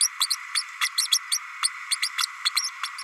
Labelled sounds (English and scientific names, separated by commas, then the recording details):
Green-rumped Parrotlet (Forpus passerinus) babbling
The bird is a female
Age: 32 days
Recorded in a nest box in Venezuela
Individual 17B32A5